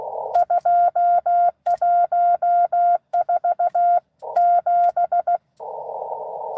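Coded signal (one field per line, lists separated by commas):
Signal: Morse code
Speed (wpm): 16 wpm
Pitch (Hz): 700 Hz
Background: none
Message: 2147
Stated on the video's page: Live CW Parks on the Air activation at US-2147 during a 12 days of Christmas event.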